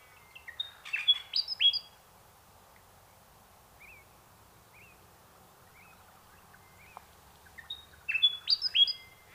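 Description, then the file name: Bird calls: an opening burst of sharp, high chirps and whistled notes, a few sparse soft notes in the middle, then another lively chirping burst at the end; quiet background. Unidentified bird recorded in mangroves. "bird unknown magroves"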